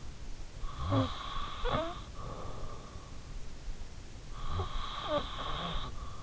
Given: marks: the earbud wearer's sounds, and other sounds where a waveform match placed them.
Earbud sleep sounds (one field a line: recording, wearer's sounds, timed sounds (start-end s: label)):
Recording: sounds in sleep by an in-ear microphone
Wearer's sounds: snoring breath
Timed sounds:
0.29-2.29 s: snoring breath
3.89-6.23 s: snoring breath